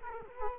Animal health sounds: mosquito wingbeat signal from an infrared sensor; Culex quinquefasciatus

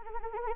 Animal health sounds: mosquito wingbeat signal from an infrared sensor; Anopheles arabiensis

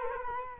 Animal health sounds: mosquito wingbeat signal from an infrared sensor; Culex quinquefasciatus

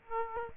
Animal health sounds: mosquito wingbeat signal from an infrared sensor; Aedes aegypti

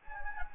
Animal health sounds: mosquito wingbeat signal from an infrared sensor; Anopheles gambiae

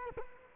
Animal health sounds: mosquito wingbeat signal from an infrared sensor; Culex quinquefasciatus

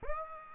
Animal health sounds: mosquito wingbeat signal from an infrared sensor; Aedes aegypti

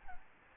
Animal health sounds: mosquito wingbeat signal from an infrared sensor; Aedes albopictus

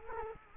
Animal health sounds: mosquito wingbeat signal from an infrared sensor; Culex quinquefasciatus

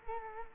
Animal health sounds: mosquito wingbeat signal from an infrared sensor; Culex quinquefasciatus

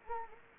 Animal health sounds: mosquito wingbeat signal from an infrared sensor; Anopheles gambiae

